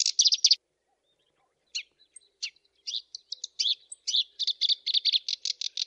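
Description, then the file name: Black-browed reed warbler song: a short dense chatter, a silent gap, then scattered notes building into fast, harsh, evenly repeated chattering. Masteran training recording. "suara kerakbasi alis hitam masteran"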